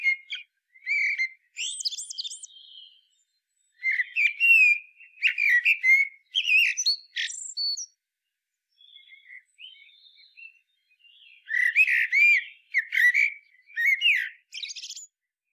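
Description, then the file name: Common blackbird song over fifteen seconds: repeated mellow warbled phrases with high twittering endings, a quieter gap in the middle, then more warbling. "Turdus merula"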